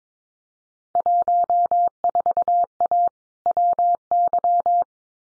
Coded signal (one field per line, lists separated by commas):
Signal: Morse code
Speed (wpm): 22 wpm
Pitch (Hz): 700 Hz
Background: none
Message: 14A WY